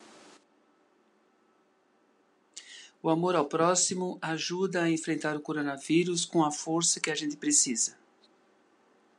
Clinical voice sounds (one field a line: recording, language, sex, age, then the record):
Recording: spoken sentence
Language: Brazilian Portuguese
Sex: male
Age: 60 to 69 years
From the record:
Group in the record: control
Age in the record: 65 years